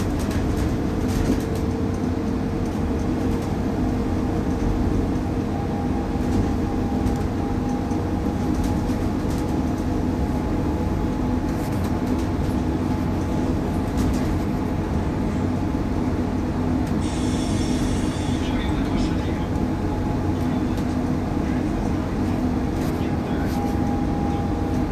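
A bus ride: a constant, dense engine rumble fills the low end for the whole stretch, with a thin steady whine riding above it that slowly shifts pitch. Around the seventeen-second mark a brief bright hiss cuts in and fades.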